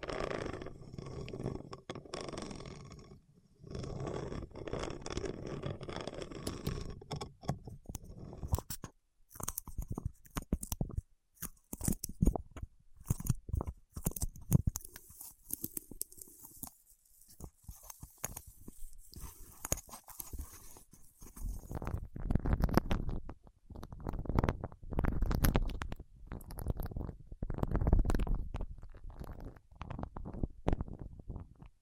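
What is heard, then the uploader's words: Fingertips work through wax with sticky, squishy rubbing and crackling. A dense, low smear fills the first eight seconds, then thins to scattered sharp clicks and crisp ticks through the middle. From about 22 seconds, heavier, fuller squelching rubs return, mixed with crackles. ASMR with Wax Fingertips for Sleep (No Talking).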